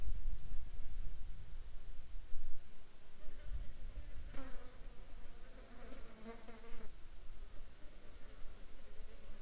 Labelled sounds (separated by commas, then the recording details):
insects
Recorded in the Arctic National Wildlife Refuge, Alaska, on 8 July 2019 at 13:22
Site 37